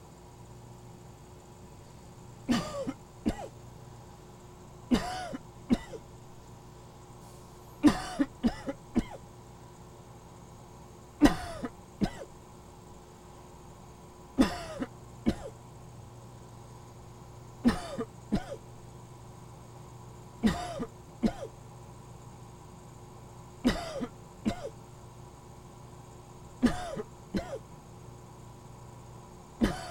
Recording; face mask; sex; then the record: voluntary coughing; surgical mask; male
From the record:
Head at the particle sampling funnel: tilted up or above it, chin in front of it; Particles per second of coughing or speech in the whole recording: 1.66